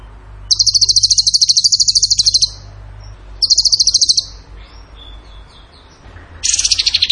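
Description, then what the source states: Bird song of two fast, high, chattering trills, a pause with faint thin whistles, then a lower, harsher trill starting at the end. Masteran (training recording) of bird song in the tembakan gacor style.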